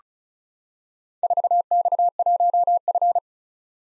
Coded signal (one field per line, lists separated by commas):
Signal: Morse code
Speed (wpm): 36 wpm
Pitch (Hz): 700 Hz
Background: none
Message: 4X1F